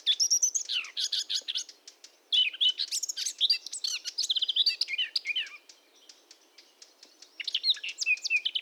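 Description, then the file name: Eurasian blackcap song: three bursts of rich, fast warbling mixing scratchy and clear whistled notes, separated by short pauses. "Sylvia atricapilla"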